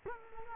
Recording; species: mosquito wingbeat signal from an infrared sensor; Culex quinquefasciatus